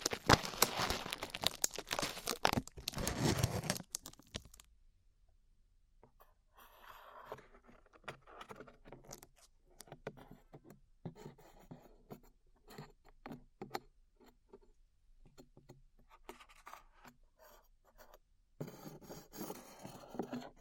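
Glue is peeled off skin, opening with a loud, dense stretch of crackling and tearing for about four seconds. After a brief near-silence, softer sticky crackles, scrapes and small pops come in irregular bursts, with a louder rustling patch near the end.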